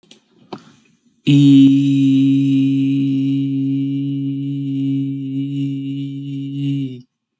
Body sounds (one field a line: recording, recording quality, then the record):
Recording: sustained vowel as in beet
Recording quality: excellent, no background noise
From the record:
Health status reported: healthy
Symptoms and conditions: none ticked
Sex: male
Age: 25 years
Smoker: not ticked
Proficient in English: yes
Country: India